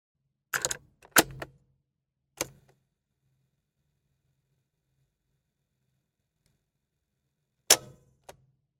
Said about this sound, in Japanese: 何ですか？ テープレコーダーです。